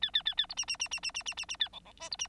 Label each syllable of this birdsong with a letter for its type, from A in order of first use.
A A A A B C C C C C C C C C A D D E B C